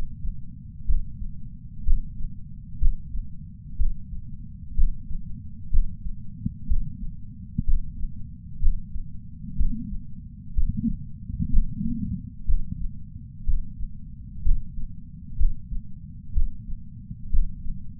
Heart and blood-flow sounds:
heart sounds by patch sensor on the chest; 62 bpm
0.87 s: heartbeat
1.86 s: heartbeat
2.80 s: heartbeat
3.78 s: heartbeat
4.76 s: heartbeat
5.72 s: heartbeat
6.69 s: heartbeat
7.66 s: heartbeat
8.61 s: heartbeat
9.58 s: heartbeat
10.56 s: heartbeat
11.52 s: heartbeat
12.47 s: heartbeat
13.46 s: heartbeat
14.44 s: heartbeat
15.38 s: heartbeat
16.35 s: heartbeat
17.32 s: heartbeat
From the record:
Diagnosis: coronary artery disease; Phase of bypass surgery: preoperative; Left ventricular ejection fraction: 60.1%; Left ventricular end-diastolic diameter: 44 mm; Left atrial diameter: 31 mm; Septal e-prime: 6.8 cm/s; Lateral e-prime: 9.8 cm/s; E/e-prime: 5.9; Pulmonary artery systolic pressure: 20 mmHg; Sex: male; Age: 60 years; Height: 167 cm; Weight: 58 kg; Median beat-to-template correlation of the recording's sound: 0.95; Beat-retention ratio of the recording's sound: 0.99

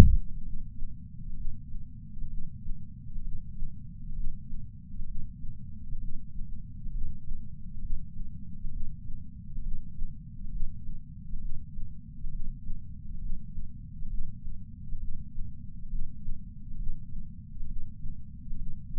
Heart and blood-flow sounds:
heart sounds by patch sensor on the chest; 66 bpm
0.42 s: heartbeat
1.34 s: heartbeat
2.28 s: heartbeat
3.21 s: heartbeat
4.13 s: heartbeat
5.05 s: heartbeat
5.98 s: heartbeat
6.91 s: heartbeat
7.79 s: heartbeat
8.70 s: heartbeat
9.61 s: heartbeat
10.49 s: heartbeat
11.39 s: heartbeat
12.29 s: heartbeat
13.19 s: heartbeat
14.07 s: heartbeat
14.98 s: heartbeat
15.88 s: heartbeat
16.76 s: heartbeat
17.66 s: heartbeat
18.56 s: heartbeat
From the record:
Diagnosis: coronary artery disease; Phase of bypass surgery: preoperative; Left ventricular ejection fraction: 49.7%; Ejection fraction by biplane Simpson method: 49.4%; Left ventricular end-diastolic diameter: 55 mm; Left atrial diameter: 34 mm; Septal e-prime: 3.2 cm/s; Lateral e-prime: 4.4 cm/s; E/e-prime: 15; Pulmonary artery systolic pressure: 25 mmHg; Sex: female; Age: 70 years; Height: 152 cm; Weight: 65 kg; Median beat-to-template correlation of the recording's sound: 0.92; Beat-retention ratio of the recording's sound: 0.97

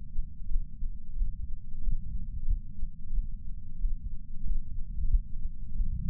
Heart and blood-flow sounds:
heart sounds by patch sensor on the chest; 91 bpm
0.48 s: heartbeat
1.15 s: heartbeat
1.81 s: heartbeat
2.46 s: heartbeat
3.13 s: heartbeat
3.78 s: heartbeat
4.43 s: heartbeat
5.08 s: heartbeat
5.74 s: heartbeat
From the record:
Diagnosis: coronary artery disease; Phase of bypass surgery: postoperative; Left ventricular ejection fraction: 63.7%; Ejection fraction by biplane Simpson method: 59.4%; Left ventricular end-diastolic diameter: 49 mm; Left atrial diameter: 35 mm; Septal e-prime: 7.3 cm/s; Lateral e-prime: 9.8 cm/s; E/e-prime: 7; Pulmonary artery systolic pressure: 20 mmHg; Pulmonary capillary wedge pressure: 4 mmHg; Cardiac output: 5.4 L/min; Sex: male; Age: 69 years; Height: 174 cm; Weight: 79 kg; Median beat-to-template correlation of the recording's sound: 0.69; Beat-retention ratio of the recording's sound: 1.00

